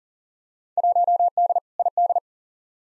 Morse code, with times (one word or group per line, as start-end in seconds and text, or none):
0.8-1.6 1D
1.8-2.2 ID